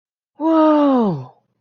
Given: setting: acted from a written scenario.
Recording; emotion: vocal sound without words; awe